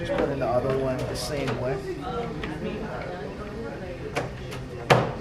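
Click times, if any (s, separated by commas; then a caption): 4.9 s. A second RAM module is pushed down into its keyed motherboard memory slot the same way as the first, one end and then the other, until it locks in. Someone talks for most of the clip, then a sharp click is heard at 4.9 s as the module seats.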